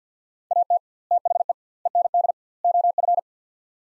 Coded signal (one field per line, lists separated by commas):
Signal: Morse code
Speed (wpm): 50 wpm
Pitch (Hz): 700 Hz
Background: none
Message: AT THE END OF